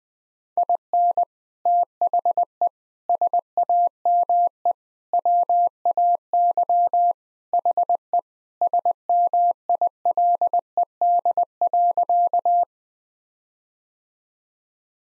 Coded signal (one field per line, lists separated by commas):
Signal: Morse code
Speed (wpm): 20 wpm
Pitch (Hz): 700 Hz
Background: none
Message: IN THE SAME WAY HE SMILED.